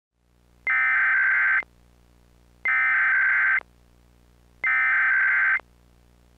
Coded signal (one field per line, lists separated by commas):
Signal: Emergency Alert System (SAME) tones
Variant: header bursts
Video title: [EAS Mock: S2 | #14] Alabama Required Monthly Test (03/18/10)